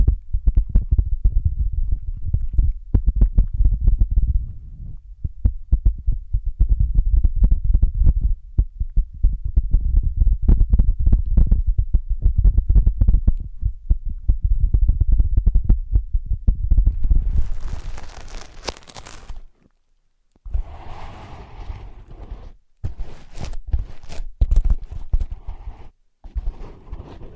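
Dense, rapid tapping and scratching on ear pads thumps low and muffled for eighteen seconds, then brighter scratchy tracing follows a brief silence.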